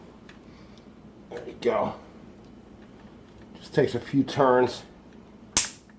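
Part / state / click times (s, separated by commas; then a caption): steel rivet pin being pushed out of a bicycle chain link by a chain tool / released / 5.6 s. A chain breaker tool is turned a few turns against a steel rivet pin in an e-bike chain link while someone talks. At 5.6 s the pin suddenly pops out of the link with a single loud, sharp snap, and the pin is released.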